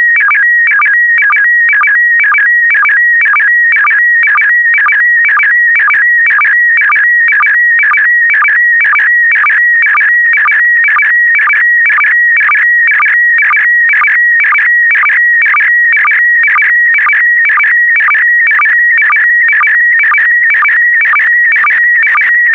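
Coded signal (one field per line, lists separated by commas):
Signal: SSTV (slow-scan television)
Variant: PD120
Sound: steady warbling electronic tones repeating about twice per second, with short low sync blips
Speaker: the next image transmission will start in 10 seconds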